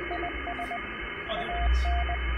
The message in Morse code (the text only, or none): IS AN